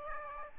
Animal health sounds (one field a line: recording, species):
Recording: mosquito wingbeat signal from an infrared sensor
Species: Aedes aegypti